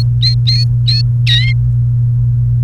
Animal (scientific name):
Serinus canaria